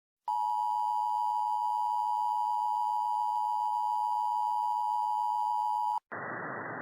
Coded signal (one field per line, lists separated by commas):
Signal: Emergency Alert System (SAME) tones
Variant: 853 and 960 Hz attention tone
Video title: [UNOFFICIAL FANMADE] ARCORIAN CIVILWAR EAS